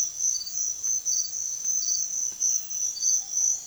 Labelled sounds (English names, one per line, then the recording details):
none
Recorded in secondary vegetation near Puerto Asís, Putumayo, Colombia, on 24 June 2025 at 05:30
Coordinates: 0.500, -76.326
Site GP08